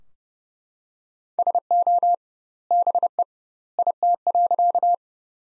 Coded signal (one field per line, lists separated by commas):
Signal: Morse code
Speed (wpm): 30 wpm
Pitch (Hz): 700 Hz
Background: none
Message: SO BE IT.